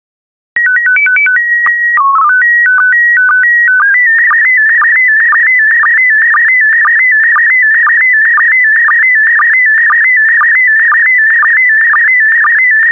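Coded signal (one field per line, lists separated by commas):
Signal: SSTV (slow-scan television)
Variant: PD 120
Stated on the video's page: SSTV images sent in PD120 mode, generated practice transmissions for decoding.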